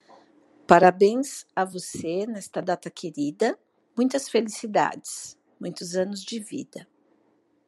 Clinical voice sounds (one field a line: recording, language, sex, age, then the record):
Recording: short text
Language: Brazilian Portuguese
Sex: female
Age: 50 to 59 years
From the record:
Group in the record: control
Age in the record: 53 years